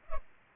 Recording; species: mosquito wingbeat signal from an infrared sensor; Culex pipiens